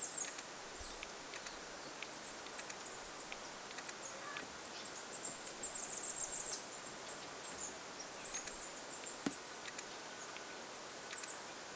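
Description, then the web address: Goldcrest calls: a continuous scatter of tiny, very high seeping notes, thickening in the middle and toward the end, over soft background noise with occasional ticks. Small flock of birds including goldcrests, 25 August 2026. "paivat 25 8 2026 pikkulintuparvi jossa on hippiaisia"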